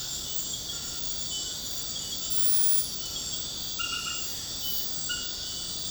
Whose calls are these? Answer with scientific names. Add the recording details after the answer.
none. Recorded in secondary vegetation near Puerto Asís, Putumayo, Colombia, on 19 February 2024 at 23:30. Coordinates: 0.472, -76.331. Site G6371